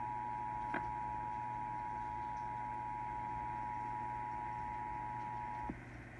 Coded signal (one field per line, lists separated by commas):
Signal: Emergency Alert System (SAME) tones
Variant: 853 and 960 Hz attention tone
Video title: [EAS #19-20] Flash Flood Warnings for Sonoma County, CA on 740 AM KCBS and 810 AM KGO